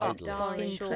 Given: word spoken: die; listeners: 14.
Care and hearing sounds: one English word in noise, from a listening test; four-talker babble; -2.7 dB; 0 of 14; 7 of 14; 0.56 s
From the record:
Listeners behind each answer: 7, 2, 1, 1, 1, 1, 1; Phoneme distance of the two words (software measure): 34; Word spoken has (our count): 1 syllable, 2 phonemes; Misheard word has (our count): 1 syllable, 4 phonemes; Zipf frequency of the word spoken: 4.90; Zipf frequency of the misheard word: 5.12

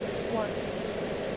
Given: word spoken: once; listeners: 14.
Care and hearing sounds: one English word in noise, from a listening test; speech-shaped noise; -5.8 dB; 1 of 14; 7 of 14; 0.97 s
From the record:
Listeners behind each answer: 7, 2, 1, 1, 1, 1, 1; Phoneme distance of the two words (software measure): 20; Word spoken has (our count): 1 syllable, 4 phonemes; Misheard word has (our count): 1 syllable, 4 phonemes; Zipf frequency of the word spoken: 5.51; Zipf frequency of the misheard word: 6.22

